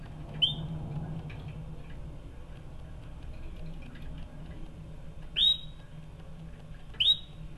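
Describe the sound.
Canary uttering three brief rising whistled chirps, one early and two close together near the end, with low background hum.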